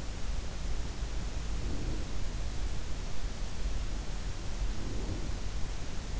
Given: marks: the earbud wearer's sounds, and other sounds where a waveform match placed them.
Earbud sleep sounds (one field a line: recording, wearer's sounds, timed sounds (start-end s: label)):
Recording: sounds in sleep by an in-ear microphone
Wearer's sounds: breath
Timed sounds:
1.43-2.54 s: breath
4.54-5.73 s: breath